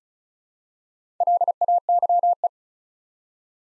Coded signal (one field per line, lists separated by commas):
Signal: Morse code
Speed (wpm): 36 wpm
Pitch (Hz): 700 Hz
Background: none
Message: LAYE